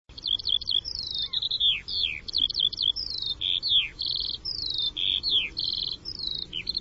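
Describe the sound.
Bird song: a run of high, quick twittering phrases mixing downslurred whistles and short buzzy trills, nearly continuous, over low background noise.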